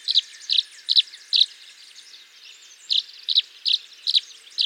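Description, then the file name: Tree swallow chirps in quick pairs and singles, a short pause midway, then the bright repeated notes resume. "Tachycineta bicolor - Tree Swallow"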